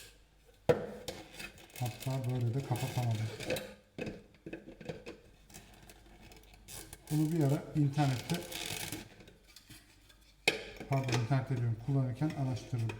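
During an unboxing of a Siemens FQ.1 Rondo MR008B1, a component of the device is pressed into its housing while someone talks, with soft handling sounds in between. A sharp, loud single snap comes at 10.5 s, and the part is fully seated.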